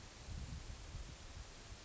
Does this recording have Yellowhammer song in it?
no